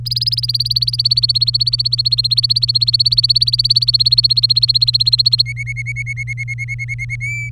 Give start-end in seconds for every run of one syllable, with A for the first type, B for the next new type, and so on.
0.05-5.42 A, 5.46-7.16 B, 7.20-7.49 C